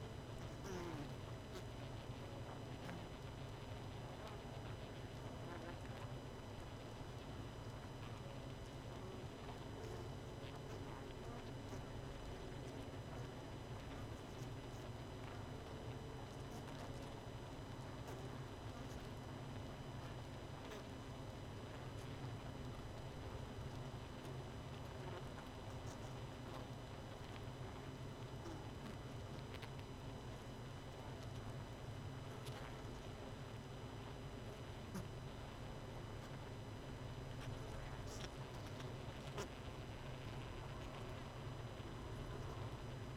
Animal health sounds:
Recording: honeybee colony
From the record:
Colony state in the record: missing queen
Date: 31 May 2018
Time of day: 20:27

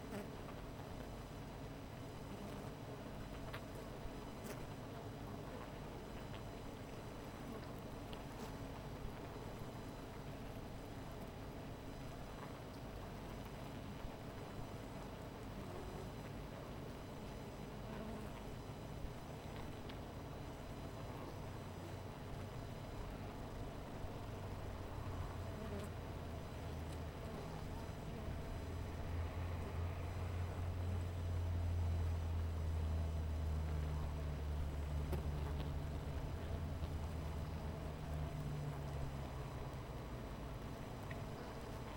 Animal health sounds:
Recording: honeybee colony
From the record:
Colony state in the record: missing queen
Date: 14 July 2017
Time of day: 17:19

